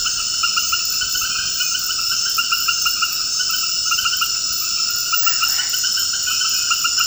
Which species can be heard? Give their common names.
none